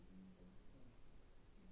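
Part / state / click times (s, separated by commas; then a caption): cap onto a plastic needle storage tube / not seated / none. A cap is handled onto a plastic needle storage tube that has needles inside, ready to be clipped closed. Only a faint, steady low hum and soft handling noise are heard, with no sharp sounds. Nothing has seated or clicked yet.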